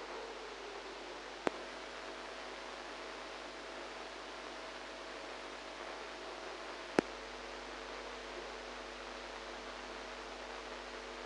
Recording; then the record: brain microelectrode recording played as sound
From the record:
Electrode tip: inside the subthalamic nucleus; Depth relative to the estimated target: -3 mm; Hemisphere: right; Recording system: NeuroSet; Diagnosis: Parkinson's disease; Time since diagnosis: 8 years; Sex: female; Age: 45 years